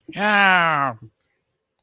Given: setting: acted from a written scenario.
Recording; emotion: vocal sound without words; pain